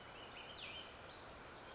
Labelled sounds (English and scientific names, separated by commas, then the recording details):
Western Flycatcher (Empidonax difficilis)
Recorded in Sonoma County, California